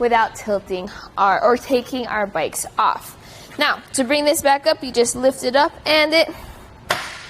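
Someone talks while a tilted-down Kuat Sherpa 2.0 hitch bike rack for 2 bikes, mounted on a 2020 Ford Fusion, is lifted back upright with the bikes still on it. Its tilt latch snaps into place with one sharp click at 6.9 s, locking the rack in the upright position.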